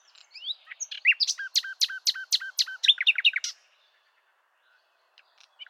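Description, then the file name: Common nightingale song: one rich phrase of varied notes and a rhythmic run of repeated chunky syllables, followed by near silence with a few faint notes. "Luscinia megarhynchos"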